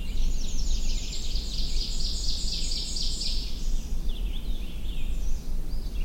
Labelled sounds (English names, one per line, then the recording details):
Ovenbird song
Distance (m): 30 m
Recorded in boreal forest in Alberta, Canada, on 21 June 2016 at 08:39
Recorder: SongMeter 3, array SBT-6-81
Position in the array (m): 24 m, 105 m
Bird 24